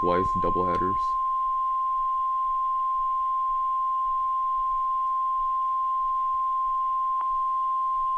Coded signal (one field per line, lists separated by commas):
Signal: Emergency Alert System (SAME) tones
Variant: 1050 Hz attention tone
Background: speech